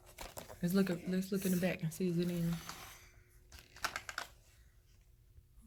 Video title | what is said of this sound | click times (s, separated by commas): MINNIE BRUNCH CAFE UNBOXING AND SET UP!!!! Location of battery placement in the description! | Make sure you hear the click. | 0.4 s